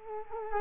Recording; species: mosquito wingbeat signal from an infrared sensor; Culex quinquefasciatus